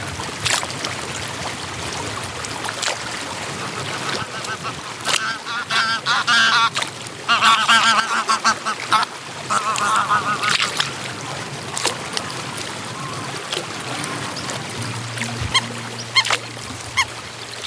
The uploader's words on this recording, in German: Natur - Fuschlsee, Salzburger Land. Aufnahme des Sees mit Enten.